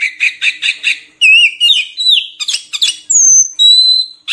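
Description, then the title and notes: Oriental magpie-robin song: a run of fast scratchy chirps, then rich varied whistled phrases with wavering notes, ending in long clear whistles. Song for training caged birds, intended to make the bird sing actively day and night. "Kacer Jadi Gacor Siang Malam. Isian Kacer Durasi Panjang"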